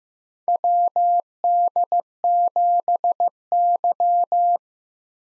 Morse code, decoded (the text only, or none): WD7Y